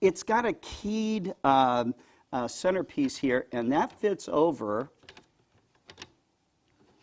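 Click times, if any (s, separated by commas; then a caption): 6.0 s. A plastic eyepiece accessory tray with a keyed center piece is fitted over the leg spreader of a telescope tripod while someone talks. After the talking stops, a few short plastic clicks and taps follow. The tray snaps into place at 6.0 seconds.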